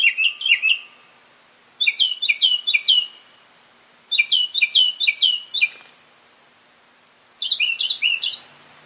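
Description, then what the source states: Mockingbird song, quick runs of repeated high chirping notes delivered in four bursts separated by brief silences. Male.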